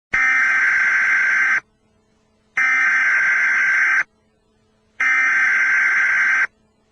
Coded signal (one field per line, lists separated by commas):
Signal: Emergency Alert System (SAME) tones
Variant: header bursts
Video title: Dangerous Morning Storms - Weather Radio EAS: #66-73